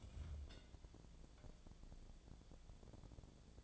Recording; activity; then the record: daily activity, microphone in the room; take from stove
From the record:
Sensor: 5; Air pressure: 1000.0 hPa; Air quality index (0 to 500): 93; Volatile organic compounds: 1 ppm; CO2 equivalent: 760 ppm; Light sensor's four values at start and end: 337/781/343/385 and 335/781/341/383